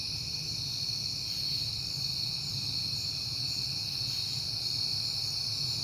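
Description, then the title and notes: Crickets in a dense chorus, a steady high shimmering trill that never pauses, over a soft low rumble. Crickets recorded at night in September, heard often lately, on a peaceful night. "Night Time: Crickets and Passing Cars. It is September and I have been hearing the crickets a lot, but finally had a peaceful night to make the recording"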